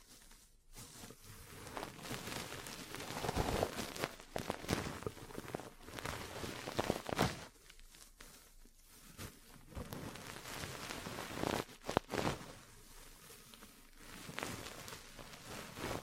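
Ear cleaning and massage sounds: continuous scratchy rubbing and rustling, broken by sharp irregular taps and pops, strongest around seconds 3, 7 and 12.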